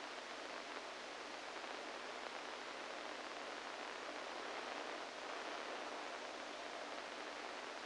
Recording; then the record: brain microelectrode recording played as sound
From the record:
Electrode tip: inside the subthalamic nucleus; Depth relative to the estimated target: 1 mm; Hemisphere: right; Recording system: NeuroSet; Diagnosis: Parkinson's disease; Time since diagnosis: 14 years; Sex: male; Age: 51 years